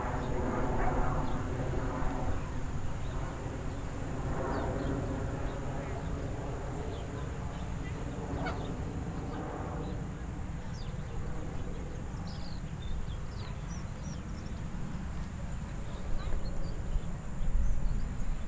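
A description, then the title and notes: A farm outdoors with a steady low rumble, faint voices in the first half, and scattered small bird chirps and knocks. Sounds of Land's Sake Farm in Weston, MA. On a busy Saturday.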